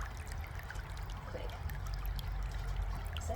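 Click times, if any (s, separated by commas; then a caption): none. A groomer pushes a detachable blade onto an electric dog clipper, and only small, faint handling ticks sound over a low steady background. The blade has not clicked on yet.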